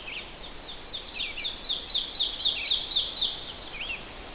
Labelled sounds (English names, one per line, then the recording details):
Ovenbird song
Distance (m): 15 m
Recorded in boreal forest in Alberta, Canada, on 12 June 2016 at 05:45
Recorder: SongMeter 3, array SBT-3-18
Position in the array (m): 209 m, 83 m
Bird 31